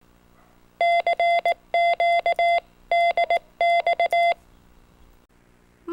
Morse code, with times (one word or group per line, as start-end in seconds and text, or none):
0.8-2.6 CQ
2.9-4.3 DX